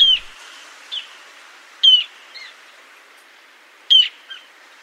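Ruddy Turnstone calls, short sharp high notes given in a few separate bursts about every two seconds, with faint quieter chips between them.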